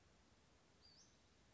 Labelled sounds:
Western Flycatcher (Empidonax difficilis)
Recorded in Sonoma County, California

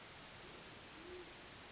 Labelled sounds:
Band-tailed Pigeon (Patagioenas fasciata)
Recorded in Sonoma County, California

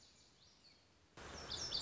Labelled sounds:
Lazuli Bunting (Passerina amoena)
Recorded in Sonoma County, California

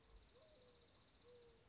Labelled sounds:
Dark-eyed Junco (Junco hyemalis)
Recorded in Sonoma County, California

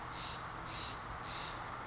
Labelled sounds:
Steller's Jay (Cyanocitta stelleri)
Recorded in Sonoma County, California

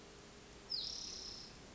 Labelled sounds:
Spotted Towhee (Pipilo maculatus)
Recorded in Sonoma County, California

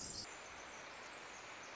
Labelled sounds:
Pacific Wren (Troglodytes pacificus)
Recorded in Sonoma County, California

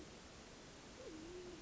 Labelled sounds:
Band-tailed Pigeon (Patagioenas fasciata)
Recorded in Sonoma County, California

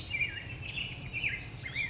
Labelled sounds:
Black-headed Grosbeak (Pheucticus melanocephalus)
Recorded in Sonoma County, California

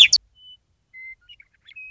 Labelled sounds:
Western Meadowlark (Sturnella neglecta)
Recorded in Sonoma County, California

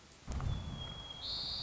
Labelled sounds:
White-crowned Sparrow (Zonotrichia leucophrys)
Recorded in Sonoma County, California

